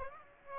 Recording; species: mosquito wingbeat signal from an infrared sensor; Aedes aegypti